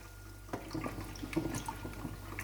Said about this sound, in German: So, jetzt kommt nochmal ein bisschen Wasser drüber. Bei meinem Sieb ist nämlich das der Fall, da muss ich umrühren, weil die Nockerl das leider verlegen.